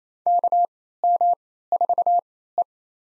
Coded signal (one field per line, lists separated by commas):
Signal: Morse code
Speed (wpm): 27 wpm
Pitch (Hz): 700 Hz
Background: none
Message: KM4E